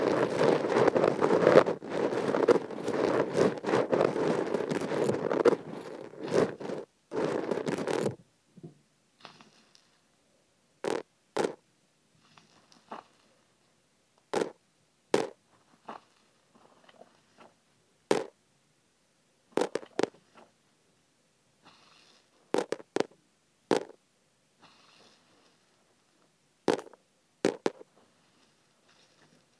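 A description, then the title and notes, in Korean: Sesame seeds are poured into an ear. For the first eight seconds there is a dense, continuous rustling crackle. After that it thins to short, sharp crackles and ticks, sometimes in pairs, arriving irregularly every second or two over near silence. 귀에 참깨 넣는 소리.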